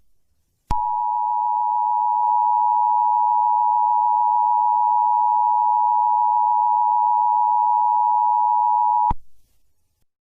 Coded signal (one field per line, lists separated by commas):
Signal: Emergency Alert System (SAME) tones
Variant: 853 and 960 Hz attention tone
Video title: Nickbrian (A tiktok eas scenario)